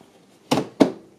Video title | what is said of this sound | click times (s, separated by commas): £100 Gaming PC Build! Building a budget £100 Gaming PC from eBay! | and click into | 0.5 s, 0.8 s